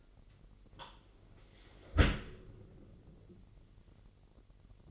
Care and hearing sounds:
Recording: daily activity, microphone in the room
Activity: close dishwasher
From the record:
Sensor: 4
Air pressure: 999.1 hPa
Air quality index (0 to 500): 123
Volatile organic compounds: 2 ppm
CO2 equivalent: 1214 ppm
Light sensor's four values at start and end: 8/19/7/8 and 7/18/7/8

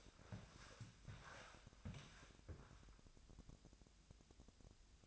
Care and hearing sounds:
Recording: daily activity, microphone in the room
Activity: walk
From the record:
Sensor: 2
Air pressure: 1000.4 hPa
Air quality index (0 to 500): 161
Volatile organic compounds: 3 ppm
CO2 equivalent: 1347 ppm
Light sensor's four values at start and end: 12/34/13/15 and 13/35/13/15

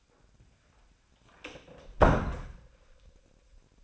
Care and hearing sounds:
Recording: daily activity, microphone in the room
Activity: close door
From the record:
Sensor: 2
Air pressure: 1009.1 hPa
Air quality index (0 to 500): 192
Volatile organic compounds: 3 ppm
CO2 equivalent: 1391 ppm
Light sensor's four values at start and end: 32/83/35/37 and 32/83/35/37

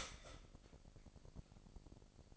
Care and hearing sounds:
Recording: daily activity, microphone in the room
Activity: start toaster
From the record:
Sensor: 5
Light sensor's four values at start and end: 26/59/24/25 and 26/59/24/25

